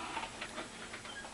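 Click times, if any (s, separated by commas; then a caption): none. A pressure canner lid is turned onto the canner body against a new, tight seal, giving a steady 1.4-second stretch of faint metal scraping and rubbing with a sharper scrape at 0.4 s. The lid is only starting to go, and nothing has locked into place yet.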